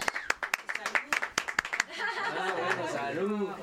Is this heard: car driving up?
no